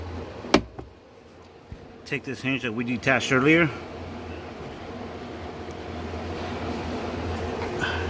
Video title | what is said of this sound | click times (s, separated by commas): WRX Maintenance Day Part 4 | tabs right here they're on each side should snap into place as you lift it up | 0.5 s